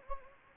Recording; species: mosquito wingbeat signal from an infrared sensor; Anopheles gambiae